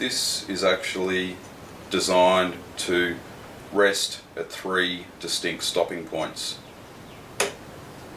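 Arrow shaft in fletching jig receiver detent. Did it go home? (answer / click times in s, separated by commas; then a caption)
yes / 7.4 s. An arrow shaft is turned in the receiver of a standard fletching jig, clamped to a bench with a trigger clamp, while someone talks. The shaft clicks into one of the receiver's three detent stopping points at 7.4 s, seating in its indexed position.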